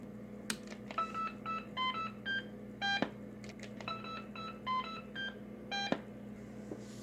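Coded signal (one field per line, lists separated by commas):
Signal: roger beep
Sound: quick sequences of short electronic beeps at changing pitches, with occasional clicks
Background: low hum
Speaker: we go to SSB, it does a bit better on SSB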